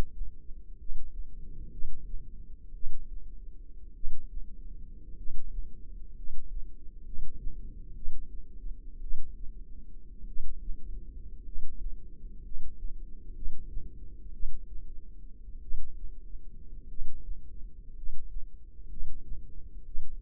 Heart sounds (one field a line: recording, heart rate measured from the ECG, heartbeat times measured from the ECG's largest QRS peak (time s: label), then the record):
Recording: heart sounds by microphone in the left ear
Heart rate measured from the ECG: 57 bpm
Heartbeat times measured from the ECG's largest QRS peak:
0.78 s: heartbeat
1.71 s: heartbeat
2.73 s: heartbeat
3.94 s: heartbeat
5.16 s: heartbeat
6.15 s: heartbeat
7.04 s: heartbeat
7.95 s: heartbeat
9.01 s: heartbeat
10.26 s: heartbeat
11.44 s: heartbeat
12.42 s: heartbeat
13.34 s: heartbeat
14.32 s: heartbeat
15.61 s: heartbeat
16.88 s: heartbeat
17.94 s: heartbeat
18.88 s: heartbeat
19.84 s: heartbeat
From the record:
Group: healthy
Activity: rest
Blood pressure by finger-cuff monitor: 148/65 mmHg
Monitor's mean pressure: 89 mmHg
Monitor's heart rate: 59 bpm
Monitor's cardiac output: 6.2 L/min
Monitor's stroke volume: 106 mL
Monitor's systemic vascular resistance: 1050 dyn s/cm5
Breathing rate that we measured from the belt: 10 breaths a minute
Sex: male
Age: 25 years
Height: 170 cm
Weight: 70.4 kg